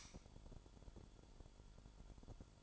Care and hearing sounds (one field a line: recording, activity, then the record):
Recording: daily activity, microphone in the room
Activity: light on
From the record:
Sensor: 5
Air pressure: 1008.0 hPa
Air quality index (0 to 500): 102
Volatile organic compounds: 1 ppm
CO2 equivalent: 795 ppm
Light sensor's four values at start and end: 30/70/28/27 and 31/71/29/28